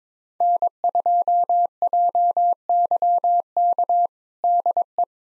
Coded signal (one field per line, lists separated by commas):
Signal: Morse code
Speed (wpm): 22 wpm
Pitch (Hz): 700 Hz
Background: none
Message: N2JYK DE